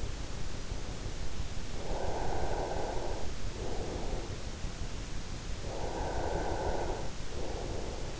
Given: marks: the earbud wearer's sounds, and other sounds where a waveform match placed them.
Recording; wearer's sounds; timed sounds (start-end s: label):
sounds in sleep by an in-ear microphone; breath
1.91-4.30 s: breath
5.72-8.20 s: breath